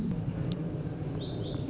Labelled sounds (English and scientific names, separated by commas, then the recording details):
Lazuli Bunting (Passerina amoena)
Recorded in Sonoma County, California